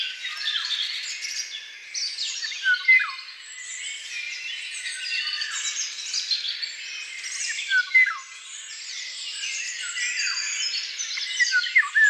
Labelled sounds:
Eurasian Golden Oriole (Oriolus oriolus) song

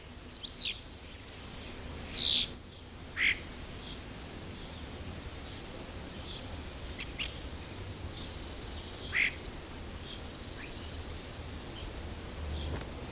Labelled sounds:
European Starling (Sturnus vulgaris) song

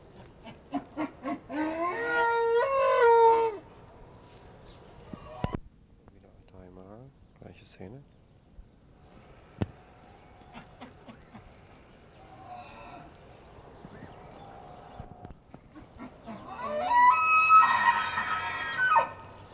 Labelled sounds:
Wapiti (Cervus canadensis) rut call

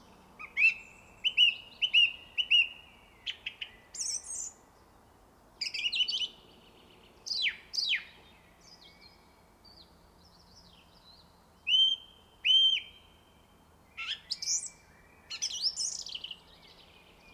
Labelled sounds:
Song Thrush (Turdus philomelos) song

